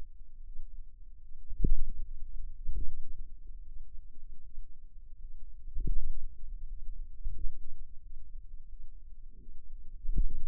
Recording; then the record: forearm muscle sounds (acoustic myography)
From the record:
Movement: pen grasping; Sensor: system 2, bracelet of six BSWA MPA416 microphones around the upper forearm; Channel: 5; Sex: female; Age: 23 years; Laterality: right